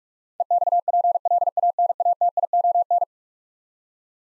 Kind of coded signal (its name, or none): Morse code